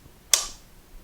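The motor unit of a Festool Domino XL DF 700 joiner, with its rods lined up, is pushed onto the joiner's front assembly and latches with one sharp, bright click at 0.3 s that fades within a few tenths of a second. The motor unit and front assembly are seated together.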